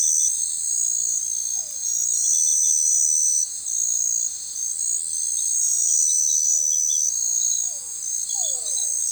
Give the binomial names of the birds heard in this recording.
none